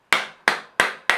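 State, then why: Not seated. A replacement water pump for a Honda Bros (MN8 / MM9) is being tapped into the motorcycle engine casing. Four sharp taps land at about 0.1, 0.5, 0.8 and 1.1 seconds, each with a bright, ringing decay. Nothing has seated yet.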